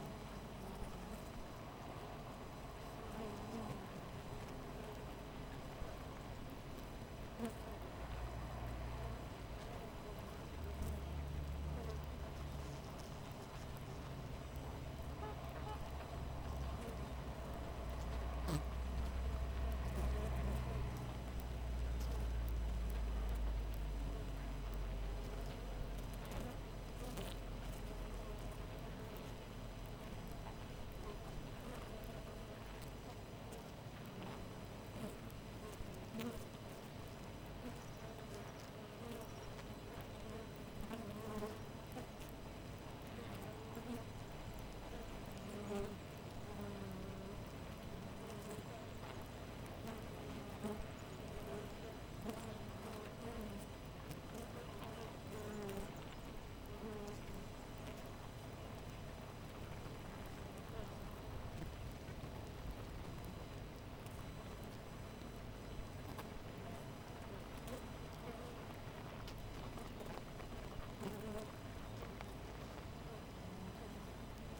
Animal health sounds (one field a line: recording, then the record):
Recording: honeybee colony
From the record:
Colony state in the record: missing queen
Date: 14 July 2017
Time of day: 5:17